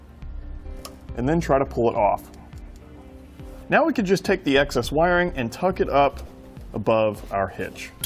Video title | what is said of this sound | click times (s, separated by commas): Installation: EZ Connector Magnetic 7-Way Trailer Connectors w/ Watertight Seal on a 2012 Ram 1500 | line up the notch dens and again you want to listen for our click and then | 0.8 s